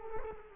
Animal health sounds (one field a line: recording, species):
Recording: mosquito wingbeat signal from an infrared sensor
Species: Culex quinquefasciatus